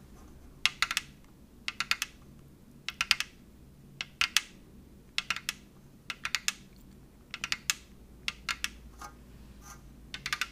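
Fingernails tap in quick bursts of three or four sharp clicks, repeating roughly every second over a steady low hum.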